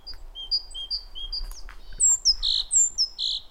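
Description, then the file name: Great tit calling with clear two-note phrases alternating high and lower, repeated several times, followed by sharper, louder chirps and buzzy notes. "Parus major"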